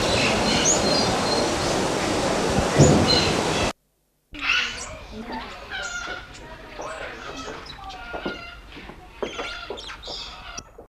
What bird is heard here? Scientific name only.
Cyclopsitta diophthalma